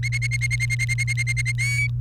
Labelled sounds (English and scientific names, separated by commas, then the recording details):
Domestic Canary (Serinus canaria) song
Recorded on 29 April 2018 at 16:05
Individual llb3